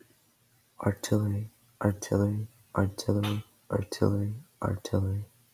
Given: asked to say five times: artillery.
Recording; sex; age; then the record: repeated word; male; 20 to 29 years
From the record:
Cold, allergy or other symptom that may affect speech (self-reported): no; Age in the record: 21 years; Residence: North Carolina, United States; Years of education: 16